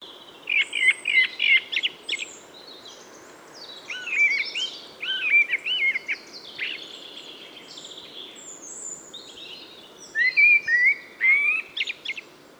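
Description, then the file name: Common blackbird song in a few phrases of repeated fluty whistles mixed with thin high twittering, with a steady background hiss. "Turdus merula"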